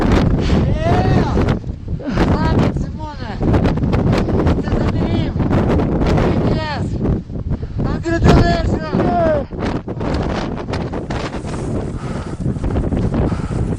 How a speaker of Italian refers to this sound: Il vento che soffia contro il microfono.